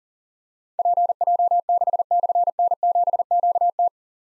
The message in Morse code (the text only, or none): PJ6/N7QT